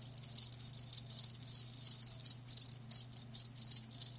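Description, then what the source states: Crickets giving high, thin chirps in quick bursts of pulses against a low background hum. Live crickets chirping with a lulling song.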